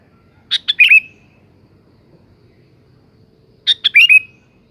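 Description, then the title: Sooty-headed bulbul song: two short bubbly phrases of quick chirpy notes ending in a slurred whistle, about three seconds apart, over quiet background. "Kutilang"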